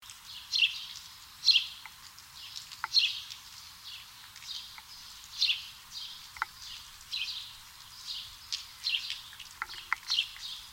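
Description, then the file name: House sparrow giving repeated short, bright chirps over a steady hiss of background noise. "Passer domesticus"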